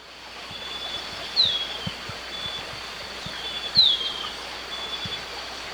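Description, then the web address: Golden-faced tyrannulet calls: two thin, high notes dropping quickly in pitch, about two and a half seconds apart, over soft background noise and faint clicks. Ecuador. "Natures Songs S America Birds of Ecuador Golden-Faced Tyrannulet"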